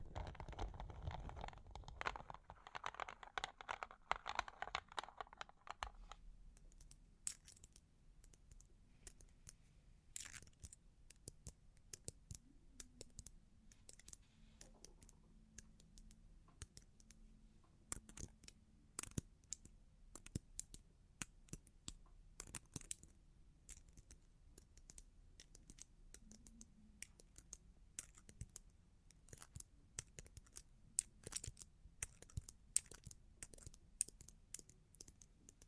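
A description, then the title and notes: Long claws tap and scratch in dense, irregular clicks throughout, with a louder scraping rush in the first six seconds and faint low hum beneath. Long Claws Tapping and Scratching (No Talking).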